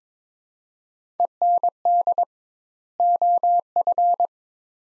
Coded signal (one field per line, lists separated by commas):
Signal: Morse code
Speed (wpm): 21 wpm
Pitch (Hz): 700 Hz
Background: none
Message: END OF